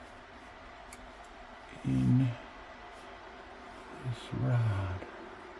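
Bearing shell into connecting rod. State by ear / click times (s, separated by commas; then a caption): not seated / none. During a VW Beetle engine rebuild, a steel connecting rod bearing shell is handled by hand before being pressed into the connecting rod. Someone talks in two short bursts, around 1.9–2.3 s and 4.3–5.0 s, and there is a faint tick near 0.9 s. Nothing has seated or clicked into place yet.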